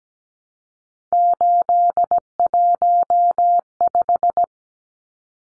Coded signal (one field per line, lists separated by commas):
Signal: Morse code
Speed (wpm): 17 wpm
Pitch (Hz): 700 Hz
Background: none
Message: 815